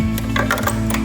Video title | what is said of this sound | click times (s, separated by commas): Handover Guide - Complete Run Through Of A New Nomadic | You can hear that clicking, which means it's set to 125. | 0.2 s, 0.4 s, 0.5 s, 0.7 s, 0.9 s